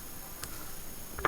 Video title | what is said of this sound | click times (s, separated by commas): Academy 1/35 Scale U.S ARMY M1A2 V2 TUSK II Build Update 2 ( The indy link tracks ) | push it in, and it kind of clicks into place, right? Dry clicks into place. | 1.2 s